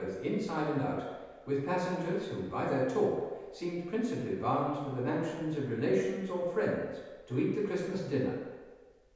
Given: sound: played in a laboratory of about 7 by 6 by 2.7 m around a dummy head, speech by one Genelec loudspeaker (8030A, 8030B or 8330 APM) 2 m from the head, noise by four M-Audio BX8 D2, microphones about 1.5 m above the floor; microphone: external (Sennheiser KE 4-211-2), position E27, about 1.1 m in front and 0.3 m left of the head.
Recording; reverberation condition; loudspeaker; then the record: male speech in English; high; 150 degrees to the left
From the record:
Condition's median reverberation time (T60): about 1300 ms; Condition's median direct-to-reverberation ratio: about -4.0 dB